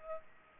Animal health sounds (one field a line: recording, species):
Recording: mosquito wingbeat signal from an infrared sensor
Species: Culex pipiens